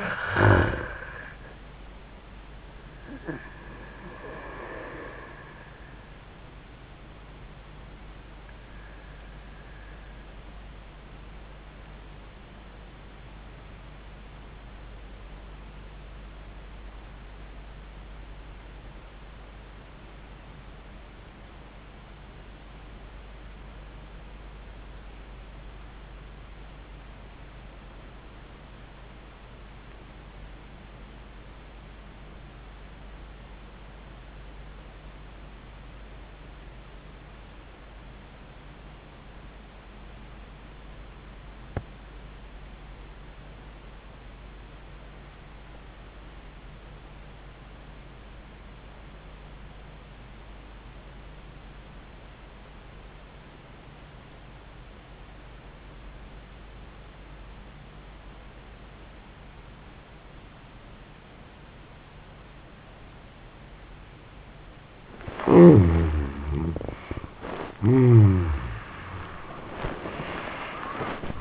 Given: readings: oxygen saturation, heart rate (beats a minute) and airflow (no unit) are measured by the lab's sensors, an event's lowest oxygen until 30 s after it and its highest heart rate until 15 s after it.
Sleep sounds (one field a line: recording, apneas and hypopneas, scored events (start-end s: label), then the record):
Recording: breathing in sleep by a voice recorder at the bedside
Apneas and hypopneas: 1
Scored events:
14.00-65.20 s: obstructive apnea (REM, oxygen 95% highest, then 60% lowest, heart rate 79 at the start, 96 highest)
61.00-71.41 s: new sleep stage, N1 (lightest sleep)
From the record:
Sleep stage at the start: REM sleep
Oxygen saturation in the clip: 63 to 95%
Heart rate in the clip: 54 to 89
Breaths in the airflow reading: 4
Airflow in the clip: -39.3 to 33.0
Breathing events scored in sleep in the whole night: 400 in 8.7 hours asleep